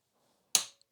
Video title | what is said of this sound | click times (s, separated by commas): Tenere 700 How to take front wheel off. | quarter turn. Quarter turn until you hear the click | 0.5 s